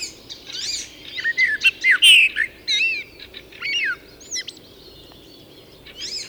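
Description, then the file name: Common blackbird singing whistled notes and squeaky twitters in a rapid sequence, then trailing off into sparse high notes. "Turdus merula"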